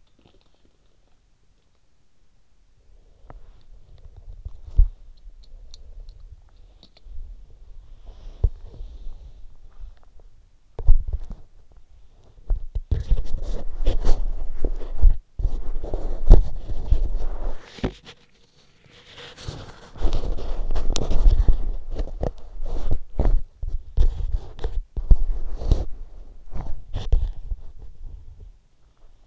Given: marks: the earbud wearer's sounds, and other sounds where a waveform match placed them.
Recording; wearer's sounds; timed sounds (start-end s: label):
sounds in sleep by an in-ear microphone; body movement
0.00-1.42 s: body movement
2.45-29.26 s: body movement